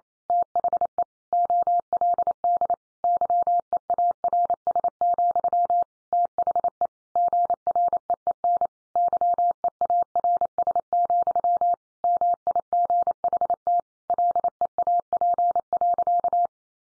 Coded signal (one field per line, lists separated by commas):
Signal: Morse code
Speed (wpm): 28 wpm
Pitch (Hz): 700 Hz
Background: none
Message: THE OLD YEARS, THE GREEN YEARS, MIGHT LEAP.